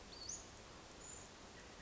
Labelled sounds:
Western Flycatcher
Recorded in Sonoma County, California

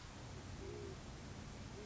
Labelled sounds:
Great Horned Owl
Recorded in Sonoma County, California

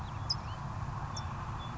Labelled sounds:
California Towhee
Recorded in Sonoma County, California

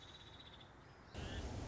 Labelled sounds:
Nuttall's Woodpecker
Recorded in Sonoma County, California

